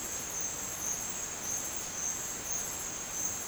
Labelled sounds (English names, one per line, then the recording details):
none
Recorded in dense forest near Puerto Asís, Putumayo, Colombia, on 29 June 2025 at 14:30
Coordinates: 0.484, -76.317
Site G045